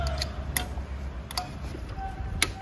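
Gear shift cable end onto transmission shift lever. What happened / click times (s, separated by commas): The shift cable end snapped onto its lever / 0.6 s, 2.4 s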